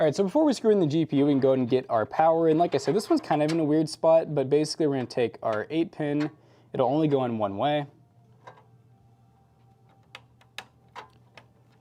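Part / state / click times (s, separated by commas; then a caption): 8-pin power connector into graphics card / seated / 10.6 s. An 8-pin plastic PCIe power connector is pushed into a graphics card, with its latch going all the way down. Someone talks for the first eight seconds, then a few small taps and knocks follow. The connector clicks into place at 10.6 s and is seated.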